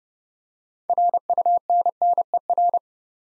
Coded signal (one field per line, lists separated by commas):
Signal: Morse code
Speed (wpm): 30 wpm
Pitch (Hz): 700 Hz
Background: none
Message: RUNNER